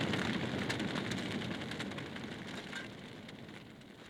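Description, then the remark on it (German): A burning theatre: a big blaze roars and crackles in a dense, steady hiss, peppered with sharp pops and snaps, loud throughout and easing slightly toward the end, with no voices. “Feuer! Feuer! Das Theater brennt! Das Theater brennt!”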